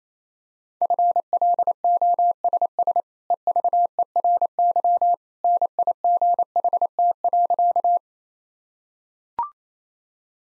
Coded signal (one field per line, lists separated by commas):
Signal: Morse code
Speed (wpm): 28 wpm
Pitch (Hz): 700 Hz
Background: none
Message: FLOSS EVERY NIGHT.